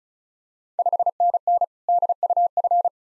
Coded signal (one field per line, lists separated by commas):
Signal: Morse code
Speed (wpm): 36 wpm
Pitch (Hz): 700 Hz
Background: none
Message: 5NN DUF